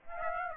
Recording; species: mosquito wingbeat signal from an infrared sensor; Aedes aegypti